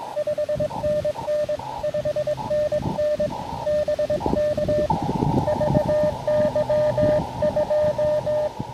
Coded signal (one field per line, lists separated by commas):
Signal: Morse code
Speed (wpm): 20 wpm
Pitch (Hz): 600 Hz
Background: radio noise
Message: 5NN 5NN BK VY2